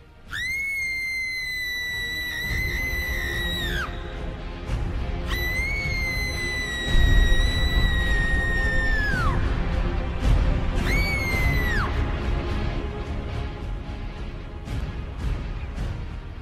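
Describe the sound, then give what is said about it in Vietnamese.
A female ghost's echoing scream over the sea: three long, piercing, whistle-like shrieks, each held steady then sliding down at the end, over a constant loud roaring rumble of the sea surging up in waves. “Tiếng hét của nó vang vọng, cũng là lúc mặt biển ầm ầm sủi lên những cơn sóng đỏ ngầu.”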